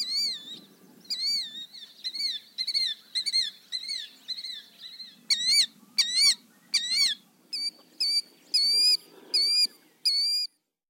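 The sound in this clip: Killdeer calling: shrill, wavering notes in a rapid series, then separate notes with sharp breaks between them, over a soft low background rumble.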